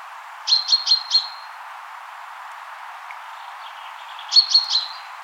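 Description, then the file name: Common chaffinch with a burst of four evenly spaced high chirps, a pause of about three seconds, then three more chirps. "Fringilla coelebs"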